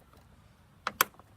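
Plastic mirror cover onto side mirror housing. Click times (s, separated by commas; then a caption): 0.9 s, 1.0 s. A plastic side mirror cover is pressed onto the mirror housing of a 2000–2011 Ford Focus side view mirror. Two sharp snaps are heard at 0.9 s and 1.0 s, followed by a few faint ticks. The cover snaps on but does not sit quite right, so it will rattle.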